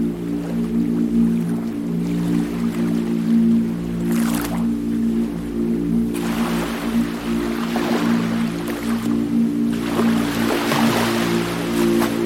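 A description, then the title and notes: Beach sounds: soft washes of surf swell up and fade, with a brief hiss around four seconds and longer breaking waves from about six seconds on and again near ten. Beneath them a steady, low droning tone holds unchanged throughout. Mystery at the Beach: Exploring the Soothing Blend of Beach Sounds and Ambient Music.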